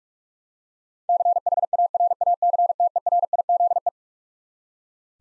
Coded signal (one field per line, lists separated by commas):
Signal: Morse code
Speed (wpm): 46 wpm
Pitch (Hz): 700 Hz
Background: none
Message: CHARACTERIZE